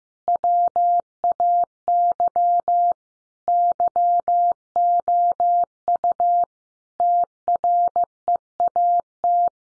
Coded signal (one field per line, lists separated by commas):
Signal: Morse code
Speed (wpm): 15 wpm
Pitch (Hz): 700 Hz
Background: none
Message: WAY YOU TREAT